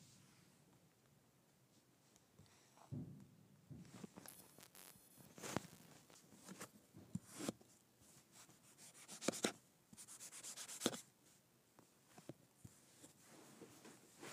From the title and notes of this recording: ASMR Cutting up Kinetic Sand.